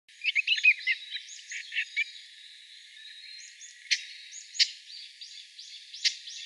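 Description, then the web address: Japanese bush warbler calls, a series of short, sharp chattering notes in bursts, with a few louder clicking chips later. Non-breeding calls (jinaki), in spring. "shun uguisu"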